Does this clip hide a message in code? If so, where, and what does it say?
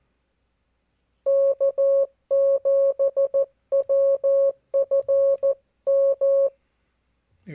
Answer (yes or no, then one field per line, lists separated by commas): yes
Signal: Morse code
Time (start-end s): 1.3-6.5 s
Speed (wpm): 14 wpm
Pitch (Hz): 550 Hz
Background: none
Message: K7WFM